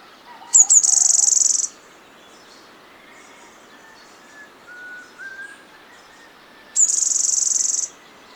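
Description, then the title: Black-crested warbler song, a high buzzy trill about one second long, repeated after a five-second pause, with faint whistled notes between. "Myiothlypis Nigrocristata"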